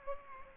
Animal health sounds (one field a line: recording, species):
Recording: mosquito wingbeat signal from an infrared sensor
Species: Aedes aegypti